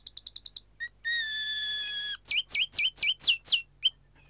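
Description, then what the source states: Domestic Canary song: a quick series of short chips, one long steady whistle, then a run of rapid downslurred notes. Rudimentary song of a canary raised without a tutor, hearing only sea, rain and wind sounds; rhythm and syllable composition differ from normal canary song.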